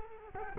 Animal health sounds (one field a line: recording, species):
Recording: mosquito wingbeat signal from an infrared sensor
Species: Culex quinquefasciatus